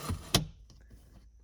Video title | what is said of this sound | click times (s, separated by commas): Bought A New Truck! A 2001 Toyota Tacoma | that locks into place that's awesome | 0.3 s